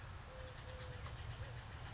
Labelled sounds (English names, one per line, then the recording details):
Eurasian Collared Dove
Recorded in Sonoma County, California